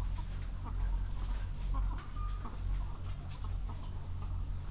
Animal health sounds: poultry house recording; healthy chickens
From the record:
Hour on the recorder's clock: 21

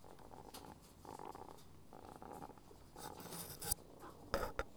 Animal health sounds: poultry house recording; sick chickens (respiratory disease)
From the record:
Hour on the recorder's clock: 21

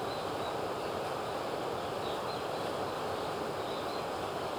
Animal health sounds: poultry house recording; healthy chickens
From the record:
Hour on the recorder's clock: 17

